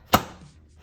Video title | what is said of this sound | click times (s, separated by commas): Creamy Chicken Noodle Soup (Instant Pot) | line it up make sure it's clicked into place lock it | 0.1 s